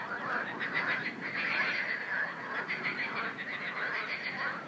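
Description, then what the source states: Frogs calling together, a steady wall of quick pulsed croaks that rise and fall slightly in strength. Frogs in a river.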